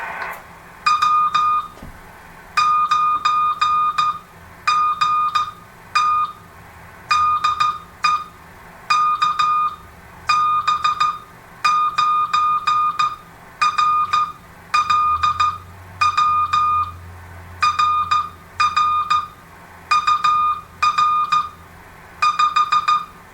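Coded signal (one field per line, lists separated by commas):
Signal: Morse code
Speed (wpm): 14 wpm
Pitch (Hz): 1220 Hz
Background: none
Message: W9GT DE KB9RLW RR UR 5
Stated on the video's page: Homebuilt very low power crystal-controlled QRPp CW transmitter used to make a contact.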